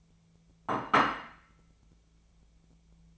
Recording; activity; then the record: daily activity, microphone in the room; place plate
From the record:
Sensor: 1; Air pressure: 1000.2 hPa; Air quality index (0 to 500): 143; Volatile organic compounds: 3 ppm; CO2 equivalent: 1343 ppm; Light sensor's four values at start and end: 29/72/30/36 and 29/72/31/37